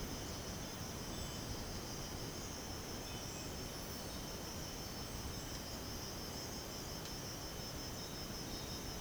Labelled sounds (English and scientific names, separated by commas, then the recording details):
none
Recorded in dense forest near Puerto Asís, Putumayo, Colombia, on 13 March 2025 at 05:00
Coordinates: 0.486, -76.317
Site G053